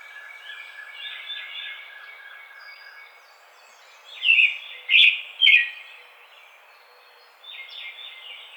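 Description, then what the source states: American robin song, faint warbled phrases at first under steady hiss, then three brighter caroling phrases in quick succession, another faint phrase at the end. Recorded 4 May 2009.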